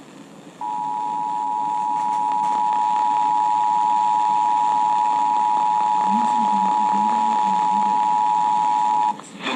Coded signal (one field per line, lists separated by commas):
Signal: Emergency Alert System (SAME) tones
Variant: 853 and 960 Hz attention tone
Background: speech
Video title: One too many watches... | EAS #530-557 (Severe Weather Alerts from 5/26-27/2024)